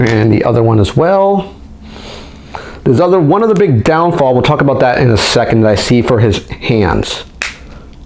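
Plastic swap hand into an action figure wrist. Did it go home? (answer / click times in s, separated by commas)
yes / 7.4 s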